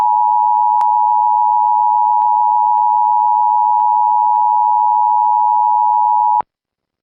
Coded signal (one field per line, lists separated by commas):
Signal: Emergency Alert System (SAME) tones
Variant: 853 and 960 Hz attention tone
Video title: Eas scenario 1 Duolingo owl